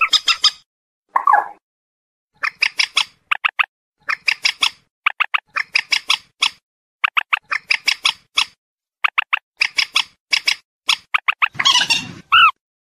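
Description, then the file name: Purple swamphen calls: a few clucks and a brief low squeal, then repeated clusters of harsh clucks, ending in a rough, noisy screech and a final nasal note. "Tieng trich re keu"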